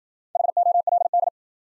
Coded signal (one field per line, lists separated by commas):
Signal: Morse code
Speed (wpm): 52 wpm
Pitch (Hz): 700 Hz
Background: none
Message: HOLD